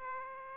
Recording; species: mosquito wingbeat signal from an infrared sensor; Aedes aegypti